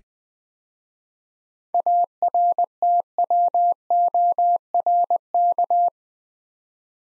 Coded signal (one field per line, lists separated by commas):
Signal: Morse code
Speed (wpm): 20 wpm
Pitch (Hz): 700 Hz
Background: none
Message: ARTWORK